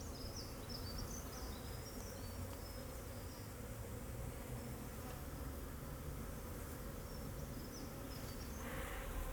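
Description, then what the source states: Bees buzzing in a dense, steady hum with low droning bands throughout, a few faint high chirps above, and a low rumble underneath. Bees flying around the recordist in Jacques Brelpark, Kersbeeklaan, Vorst, Belgium; train in background; recorded binaurally with a Sennheiser Ambeo binaural headset.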